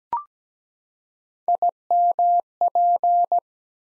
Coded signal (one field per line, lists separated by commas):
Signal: Morse code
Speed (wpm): 17 wpm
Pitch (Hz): 700 Hz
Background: none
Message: IMP